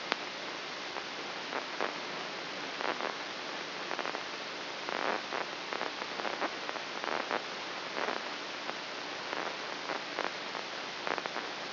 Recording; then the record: brain microelectrode recording played as sound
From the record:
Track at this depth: outside the subthalamic nucleus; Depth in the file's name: 7.504 mm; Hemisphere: left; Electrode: 3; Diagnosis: Parkinson's disease